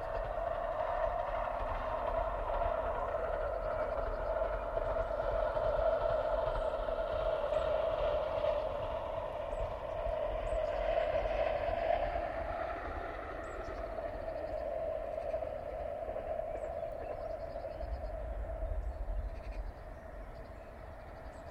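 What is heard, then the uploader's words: A train runs steadily past the riverside track, a dense rumble with a whining tone, growing louder midway then slowly fading toward the end. Recording taken from the bend in the Mersey just where it reaches its closest to the track from Hawthorn Road. Again with the distant drone of the M60, the trams pass from right to left (Manchester to Altrincham). Stereo ECM-77’s.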